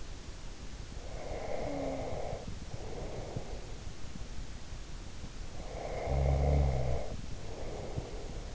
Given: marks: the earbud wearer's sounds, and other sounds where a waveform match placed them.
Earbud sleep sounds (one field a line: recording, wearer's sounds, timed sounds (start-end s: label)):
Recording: sounds in sleep by an in-ear microphone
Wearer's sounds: snoring breath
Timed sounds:
1.14-3.80 s: snoring breath
5.57-8.54 s: snoring breath